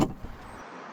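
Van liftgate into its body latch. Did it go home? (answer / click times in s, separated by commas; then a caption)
no / none. A hand pushes on the liftgate of a first-generation Oldsmobile Silhouette, Pontiac Trans Sport or Chevy Lumina APV minivan, which had not latched into its body latch because it was closed with too little force. A brief loud burst opens the clip, followed by faint soft knocks around 0.2 to 0.3 seconds and then a steady low hiss. Nothing has seated or clicked yet.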